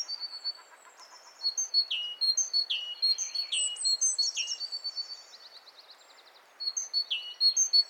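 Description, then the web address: Great tit calls: a long bout of quick high chirps and downward sweeps, a brief buzzy trill, a short lull, then more chirping. "SETE Parus major"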